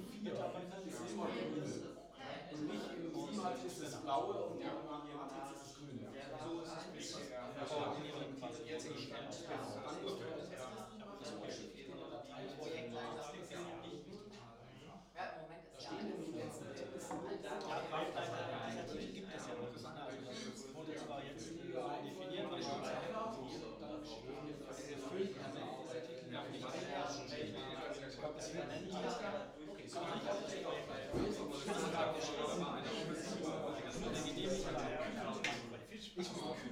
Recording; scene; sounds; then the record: everyday scene through a hearing-aid microphone; many people talking; many voices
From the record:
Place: bistro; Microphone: in the ear canal, right